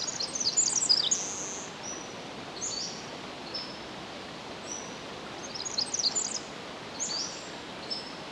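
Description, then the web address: Pacific wren song fragments, short bursts of high, rapid twittering notes and a few thin single notes scattered throughout over constant background hiss. Recorded 10 July 2011 at 06:35. "ear jh-20110710-0635 pacific-wren"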